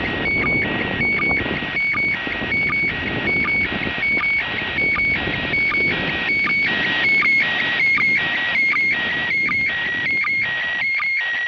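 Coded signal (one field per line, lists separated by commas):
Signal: SSTV (slow-scan television)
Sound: warbling high tones with short low sync blips about every 0.75 seconds, through hiss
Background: radio static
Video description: Reception of SSTV from the ISS to Malta on December 8 2016 using Handheld Transceiver Baofeng and Robot 36 on OnePlus 3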